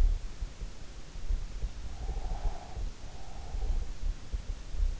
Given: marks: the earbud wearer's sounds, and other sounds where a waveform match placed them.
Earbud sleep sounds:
sounds in sleep by an in-ear microphone; breath
1.94-4.17 s: breath

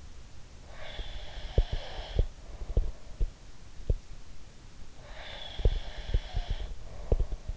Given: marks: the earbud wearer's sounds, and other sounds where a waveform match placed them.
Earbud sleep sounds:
sounds in sleep by an in-ear microphone; breath
0.58-3.21 s: breath
0.95-3.99 s: sound from someone else or the room
5.01-7.57 s: breath
5.52-7.57 s: sound from someone else or the room

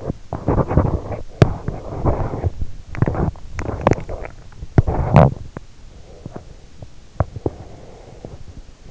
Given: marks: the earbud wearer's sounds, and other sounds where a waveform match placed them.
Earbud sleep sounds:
sounds in sleep by an in-ear microphone; body movement, teeth grinding, swallowing, breath
0.00-2.59 s: body movement
3.00-3.94 s: teeth grinding
4.06-4.65 s: swallowing
5.06-7.09 s: teeth grinding
7.45-8.36 s: breath

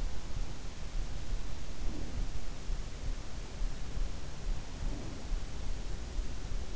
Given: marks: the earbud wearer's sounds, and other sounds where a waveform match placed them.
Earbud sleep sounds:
sounds in sleep by an in-ear microphone; breath
1.56-2.52 s: breath
4.61-5.61 s: breath

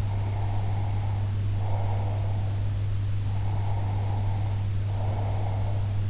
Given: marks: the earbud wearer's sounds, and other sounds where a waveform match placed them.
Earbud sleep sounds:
sounds in sleep by an in-ear microphone; breath
0.00-2.63 s: breath
3.29-6.00 s: breath

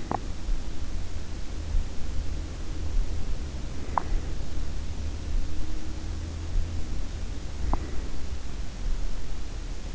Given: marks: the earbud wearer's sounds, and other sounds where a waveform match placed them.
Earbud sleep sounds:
sounds in sleep by an in-ear microphone; teeth grinding
0.00-0.35 s: teeth grinding
7.62-7.89 s: teeth grinding

